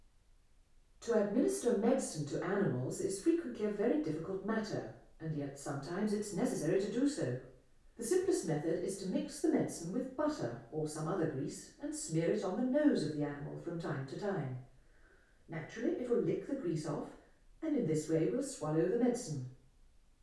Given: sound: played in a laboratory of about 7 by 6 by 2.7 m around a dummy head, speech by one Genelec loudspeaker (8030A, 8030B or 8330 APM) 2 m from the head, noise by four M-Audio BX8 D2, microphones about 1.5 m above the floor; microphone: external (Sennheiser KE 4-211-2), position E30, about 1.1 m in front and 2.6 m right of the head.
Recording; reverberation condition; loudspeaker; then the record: female speech in English; medium; 150 degrees to the right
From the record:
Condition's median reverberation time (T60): about 510 ms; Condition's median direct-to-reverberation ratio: about -0.5 dB